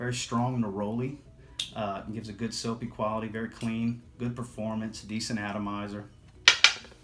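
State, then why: Seated. Someone talks as the cap is pushed back onto a Versace Pour Homme cologne spray bottle. Two sharp hits follow at 6.5 s and 6.6 s, and the cap clicks into place, seated.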